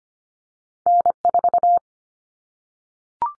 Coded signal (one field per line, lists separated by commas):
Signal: Morse code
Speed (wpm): 25 wpm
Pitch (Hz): 700 Hz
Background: none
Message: N4